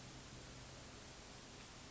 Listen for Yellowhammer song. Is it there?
no